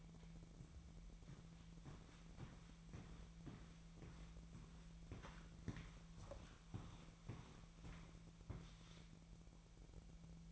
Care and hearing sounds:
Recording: daily activity, microphone in the room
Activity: walk to room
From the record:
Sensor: 1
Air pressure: 1012.3 hPa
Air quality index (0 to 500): 194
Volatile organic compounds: 4 ppm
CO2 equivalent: 1564 ppm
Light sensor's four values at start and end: 68/161/67/69 and 68/167/69/74

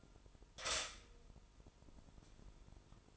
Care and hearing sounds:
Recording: daily activity, microphone in the room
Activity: stop toaster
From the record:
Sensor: 5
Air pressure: 988.7 hPa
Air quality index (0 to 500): 232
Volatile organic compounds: 180 ppm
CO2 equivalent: 4143 ppm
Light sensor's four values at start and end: 40/124/48/51 and 40/124/48/51

